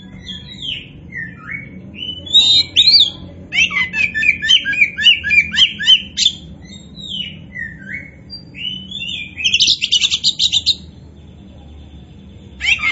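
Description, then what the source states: Oriental magpie-robin song of clear whistles building into quick repeated chirping runs, ending with a harsh buzzy burst and a lone note. Kacer Poci variety, described as gacor, singing actively and vigorously.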